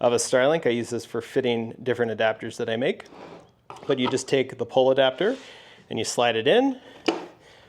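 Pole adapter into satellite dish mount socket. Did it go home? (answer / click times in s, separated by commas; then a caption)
yes / 7.1 s. A plastic pipe/pole adapter is slid into the mount slot on the back of a 3D-printed Starlink Mini mock-up while someone talks. A single sharp, short click is heard at 7.1 s as the adapter latches and seats in the dish mount.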